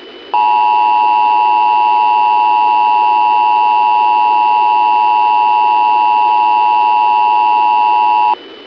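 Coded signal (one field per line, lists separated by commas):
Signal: Emergency Alert System (SAME) tones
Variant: 853 and 960 Hz attention tone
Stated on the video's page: Simulated EAS alerts with station relaying, made from an EASyPLUS template.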